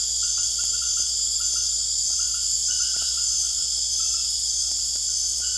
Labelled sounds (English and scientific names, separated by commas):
none